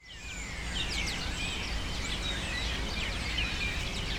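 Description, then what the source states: Birds screaming, many overlapping sharp chirps and swooping squeals at once, with a steady low rumble of background noise beneath. Birds taking refuge in cypresses in the recordist's city, screaming without stopping, especially in the afternoon.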